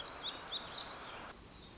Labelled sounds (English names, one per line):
Black-throated Gray Warbler